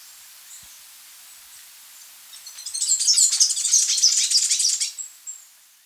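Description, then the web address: Black-eared hemispingus song, a rapid high twittering run of thin chips lasting about two seconds, after quiet background hiss. South America. "Natures Songs S America Black-Eared Hemispingus"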